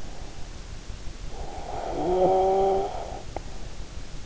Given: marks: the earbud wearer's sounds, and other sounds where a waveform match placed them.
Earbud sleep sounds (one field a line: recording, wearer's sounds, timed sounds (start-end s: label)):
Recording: sounds in sleep by an in-ear microphone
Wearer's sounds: snoring breath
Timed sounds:
1.43-3.40 s: snoring breath